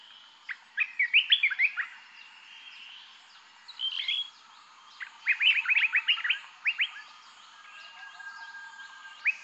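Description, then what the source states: Birds chirping in scattered clusters of quick, sharp high notes, with pauses between the groups and a faint thin whistle in the background. Calm forest atmosphere.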